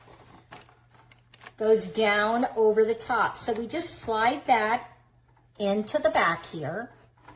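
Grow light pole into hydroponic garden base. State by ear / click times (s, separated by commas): not seated / none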